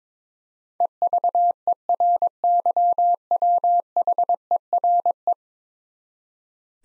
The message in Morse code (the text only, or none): EVERYWHERE